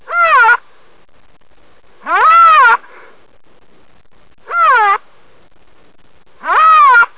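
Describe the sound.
Rhinoceros giving four harmonic, wavering squealing calls, each well under a second long and spaced roughly two seconds apart.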